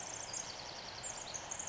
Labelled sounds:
Pacific Wren
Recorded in Sonoma County, California

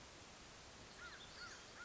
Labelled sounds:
American Crow
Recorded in Sonoma County, California

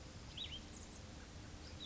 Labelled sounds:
Cassin's Vireo
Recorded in Sonoma County, California

